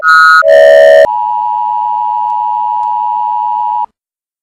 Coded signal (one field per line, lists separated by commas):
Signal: Emergency Alert System (SAME) tones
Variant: 853 and 960 Hz attention tone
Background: music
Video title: YTP: Emergency Alert Sos